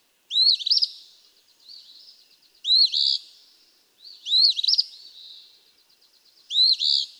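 Eastern phoebe repeating its scratchy fee-bee song four times, each followed by quieter stuttering buzzes.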